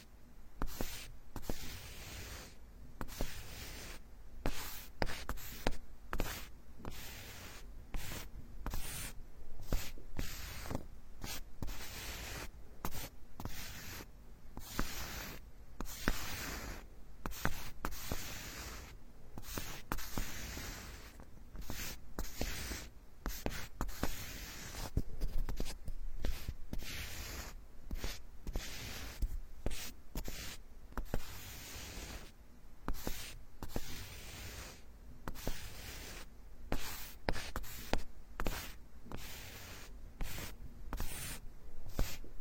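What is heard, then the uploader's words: Wooden tools rub and brush, sweeping strokes coming steadily about once or twice a second for the whole stretch. Each pass is a soft, bright, scratchy hiss, with a low, faint hum underneath and no voices. Come to the carpenter's workshop, all kinds of wood massage the scalp layer by layer for ultimate relaxation.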